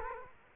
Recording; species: mosquito wingbeat signal from an infrared sensor; Culex quinquefasciatus